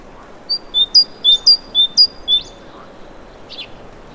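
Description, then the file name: Great tit calling with clear, high whistled two-note phrases, a higher note then a lower one, repeated about twice a second, then a faint buzzy note. "Parus major"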